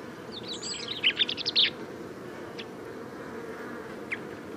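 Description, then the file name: Common chaffinch: a short quick rattle of bright chirping notes lasting about a second, then two faint isolated notes. "Fringilla coelebs"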